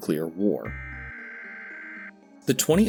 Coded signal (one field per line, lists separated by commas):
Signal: Emergency Alert System (SAME) tones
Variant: header bursts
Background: speech